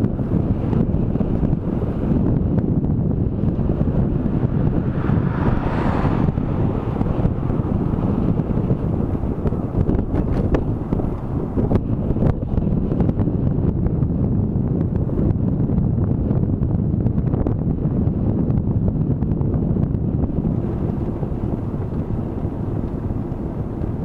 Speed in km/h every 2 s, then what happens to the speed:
24, 24, 25, 24, 24, 24, 24, 24, 24, 24, 24, 24.
0-24 steady at about 24.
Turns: none.